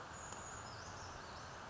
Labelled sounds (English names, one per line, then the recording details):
Brown Creeper
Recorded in Sonoma County, California